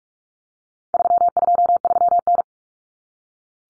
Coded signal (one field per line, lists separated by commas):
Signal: Morse code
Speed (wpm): 44 wpm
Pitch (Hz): 700 Hz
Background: none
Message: 323N